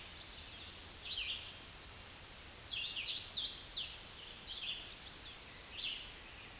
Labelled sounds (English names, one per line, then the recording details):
Hooded Warbler song
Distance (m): 30 m
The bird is about 15 m above the microphone
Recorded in a Pennsylvania forest on 16 May 2024 at 08:38
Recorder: AudioMoth, point MSD-0079
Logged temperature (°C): 16.1 °C
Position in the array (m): 152 m, 104 m